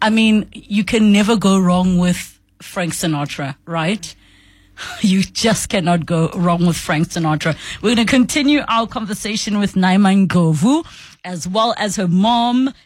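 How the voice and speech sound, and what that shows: An adult female radio host speaks with normal, fluent, clearly voiced speech on the afternoon talk show 702 Afternoons, with brief pauses between phrases.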